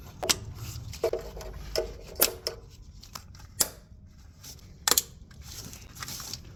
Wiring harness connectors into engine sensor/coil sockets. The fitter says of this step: the connectors in till you hear them click